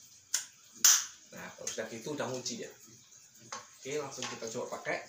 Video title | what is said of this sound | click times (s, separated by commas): FIRECAST CAMERA CHEST AND HEAD STRAP | sampai didorong Sampai bunyi klik Ya udah | 0.3 s, 0.8 s